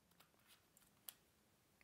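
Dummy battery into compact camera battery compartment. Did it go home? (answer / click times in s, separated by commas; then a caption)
yes / 1.1 s. A plastic dummy battery (battery eliminator, DK-X1 USB type for the Sony NP-BX1 slot) is pushed into the battery compartment of a compact camera such as the ZV-1. A few faint handling ticks lead up to a single sharp latch click at 1.1 s as the latch catches. The dummy battery seats cleanly in the bay.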